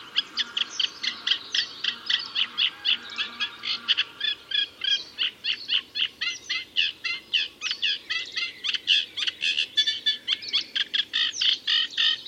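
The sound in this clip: Reed warbler singing a long, rhythmic chatter of scratchy, repeated notes and churrs that continues without pause.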